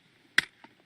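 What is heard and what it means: A rifle magazine that had not been fully seated is pushed firmly into the rifle's magazine well and seats with a sharp, loud click at 0.4 s. A fainter knock follows at 0.6 s.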